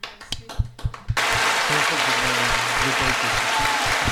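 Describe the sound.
After a second of talk and a few scattered claps, loud, dense applause breaks out and holds steady to the end, with voices murmuring underneath.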